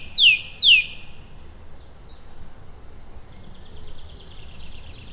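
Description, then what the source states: Song thrush giving two loud, sharp descending notes repeated in quick succession, followed by faint high chattering and a low background hum. Song thrush singing complicated songs in a tree high above the River Thames, rural Oxfordshire, on a hot, close summer's day.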